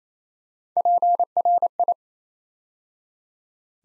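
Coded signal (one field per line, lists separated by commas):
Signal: Morse code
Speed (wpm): 28 wpm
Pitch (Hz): 700 Hz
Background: none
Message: PRI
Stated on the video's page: Build-a-word drill: nine-letter words copied three letters at a time at 28 wpm.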